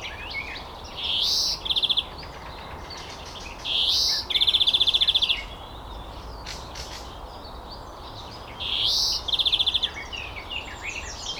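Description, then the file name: European greenfinch calling: a harsh, wheezy note followed by a rapid buzzing trill, repeated three times. "Chloris chloris"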